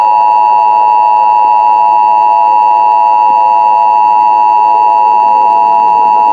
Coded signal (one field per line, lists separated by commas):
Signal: Emergency Alert System (SAME) tones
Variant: 853 and 960 Hz attention tone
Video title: EAS Scenario #4 Robert the Shark error Part 1 (With Sirens)